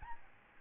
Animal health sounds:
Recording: mosquito wingbeat signal from an infrared sensor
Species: Aedes albopictus

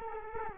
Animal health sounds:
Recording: mosquito wingbeat signal from an infrared sensor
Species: Culex quinquefasciatus

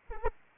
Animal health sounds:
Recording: mosquito wingbeat signal from an infrared sensor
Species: Anopheles arabiensis

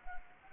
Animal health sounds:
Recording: mosquito wingbeat signal from an infrared sensor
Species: Anopheles gambiae

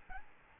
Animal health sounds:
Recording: mosquito wingbeat signal from an infrared sensor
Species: Aedes albopictus

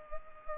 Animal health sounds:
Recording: mosquito wingbeat signal from an infrared sensor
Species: Culex pipiens

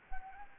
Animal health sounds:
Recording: mosquito wingbeat signal from an infrared sensor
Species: Anopheles arabiensis

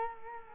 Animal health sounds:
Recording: mosquito wingbeat signal from an infrared sensor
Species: Culex quinquefasciatus

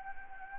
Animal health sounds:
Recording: mosquito wingbeat signal from an infrared sensor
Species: Anopheles gambiae

